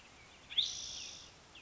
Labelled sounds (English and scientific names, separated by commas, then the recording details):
Spotted Towhee (Pipilo maculatus)
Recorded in Sonoma County, California